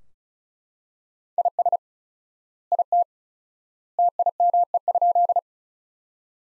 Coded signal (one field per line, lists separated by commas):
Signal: Morse code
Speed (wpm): 36 wpm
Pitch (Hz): 700 Hz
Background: none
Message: IS IT TIME?